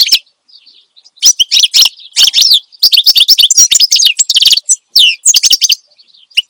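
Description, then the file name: Finch singing in quick, high-pitched bursts of chirps and short buzzes, with brief gaps between phrases. Finch described as singing energetically and continuously ('gacor dor'); the recording is meant for tutoring songbirds (masteran). "Suara Kicauan Burung Finch Gacor Dor Cocok Untuk Masteran"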